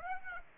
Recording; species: mosquito wingbeat signal from an infrared sensor; Aedes aegypti